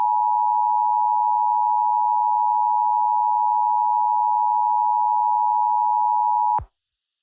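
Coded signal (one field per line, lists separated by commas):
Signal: Emergency Alert System (SAME) tones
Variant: 853 and 960 Hz attention tone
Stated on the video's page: Fictional EAS scenario.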